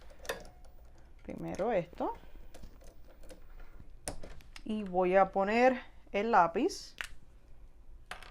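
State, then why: Seated. A marker pen is inserted into the accessory clamp of a craft cutting machine and held down while someone talks, with a few light taps and handling sounds along the way. At 8.1 s a sharp click is heard as the pen seats in the clamp, the click being the sign that it is in.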